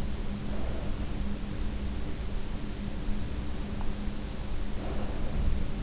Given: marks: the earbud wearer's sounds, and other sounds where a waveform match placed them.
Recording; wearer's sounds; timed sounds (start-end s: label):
sounds in sleep by an in-ear microphone; breath, teeth grinding
0.25-1.32 s: breath
3.71-4.07 s: teeth grinding
4.62-5.81 s: breath